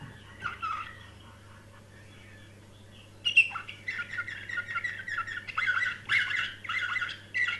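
Canary singing: a few scattered notes, then a lively stretch of trilled, rolling phrases with sharp chirps from about three seconds onward, over a faint low hum.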